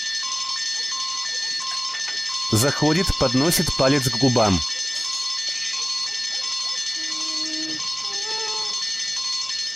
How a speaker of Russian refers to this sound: Нет! Сигнализация! Сигнализация! Нет, нет!